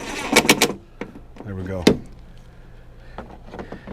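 A nut driver slowly tightens the screws on a refitted backup/tail light housing for Auxito LED backup lights on an F250 truck body, kept from going too tight. Three small sharp clicks land at 0.4, 0.5 and 0.6 s as the screws snug the housing home and it seats, and then someone talks briefly. Fainter ticks follow over a low hum.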